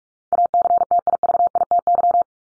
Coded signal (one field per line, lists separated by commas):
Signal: Morse code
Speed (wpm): 44 wpm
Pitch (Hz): 700 Hz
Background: none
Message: ACTIVITY